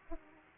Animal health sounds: mosquito wingbeat signal from an infrared sensor; Aedes aegypti

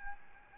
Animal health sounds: mosquito wingbeat signal from an infrared sensor; Aedes albopictus

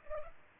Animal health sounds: mosquito wingbeat signal from an infrared sensor; Culex pipiens

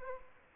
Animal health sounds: mosquito wingbeat signal from an infrared sensor; Aedes albopictus

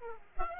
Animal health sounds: mosquito wingbeat signal from an infrared sensor; Aedes aegypti

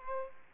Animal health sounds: mosquito wingbeat signal from an infrared sensor; Aedes aegypti

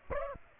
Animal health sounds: mosquito wingbeat signal from an infrared sensor; Aedes aegypti

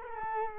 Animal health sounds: mosquito wingbeat signal from an infrared sensor; Culex quinquefasciatus

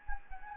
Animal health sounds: mosquito wingbeat signal from an infrared sensor; Anopheles gambiae

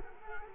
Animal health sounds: mosquito wingbeat signal from an infrared sensor; Culex quinquefasciatus

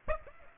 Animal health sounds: mosquito wingbeat signal from an infrared sensor; Aedes aegypti

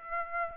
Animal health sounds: mosquito wingbeat signal from an infrared sensor; Aedes aegypti

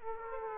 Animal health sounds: mosquito wingbeat signal from an infrared sensor; Aedes aegypti

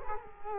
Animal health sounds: mosquito wingbeat signal from an infrared sensor; Culex quinquefasciatus

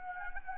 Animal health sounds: mosquito wingbeat signal from an infrared sensor; Anopheles gambiae

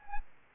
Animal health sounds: mosquito wingbeat signal from an infrared sensor; Aedes albopictus

